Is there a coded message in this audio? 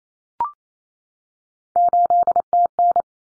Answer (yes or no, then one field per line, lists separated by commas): yes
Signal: Morse code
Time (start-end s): 1.8-3.0 s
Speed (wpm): 28 wpm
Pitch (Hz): 700 Hz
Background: none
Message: 8TN